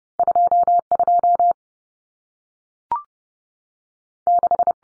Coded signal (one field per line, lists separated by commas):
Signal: Morse code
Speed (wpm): 30 wpm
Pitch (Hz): 700 Hz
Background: none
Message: 22 6